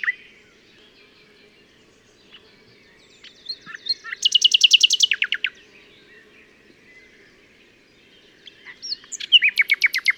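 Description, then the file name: Common nightingale song: scattered soft notes, a loud burst of fast repeated notes falling in pitch, silence, then another rapid trill. "Luscinia megarhynchos"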